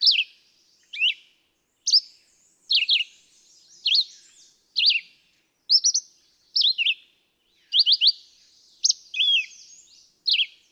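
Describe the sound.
Red-eyed vireo singing in a steady series of brief, high whistled phrases, each varied slightly, about one per second over a quiet background.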